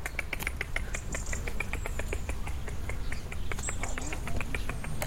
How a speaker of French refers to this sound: C'est le rouge-gorge qui est pas loin. C'est un rouge-gorge.